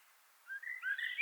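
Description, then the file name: Common blackbird with a brief rising, mellow warble of a few slurred notes. "Turdus merula"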